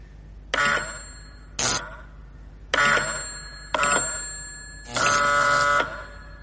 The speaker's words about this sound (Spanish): De tal forma que si presiono este botón, suena la campana del receptor, y todo ello sin ninguna conexión por cable entre los dos aparatos. Parece magia.